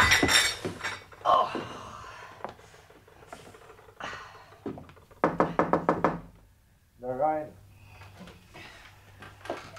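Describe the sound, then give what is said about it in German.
Someone stumbles over Bob, the cat, on the stairs: scattered bumps, then a quick run of about six heavy thuds and knocks, followed by a short rising vocal cry. “Was war denn auf der Treppe? Ach, ich bin über Bob gestolpert.”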